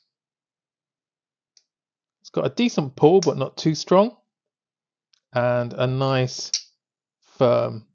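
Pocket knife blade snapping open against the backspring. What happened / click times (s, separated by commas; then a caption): The blade is handled but not yet snapped home / none. Someone talks while handling a Rosecraft Blades slipjoint pocket knife with bone handle scales, opening its steel blade against the backspring. Only faint, brief ticks are heard, near 1.6 s and 5.1 s. The clip ends just before the blade snaps home, so nothing has seated or clicked into place yet.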